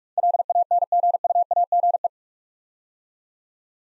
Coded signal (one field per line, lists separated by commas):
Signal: Morse code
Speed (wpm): 44 wpm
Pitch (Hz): 700 Hz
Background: none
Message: LANGUAGE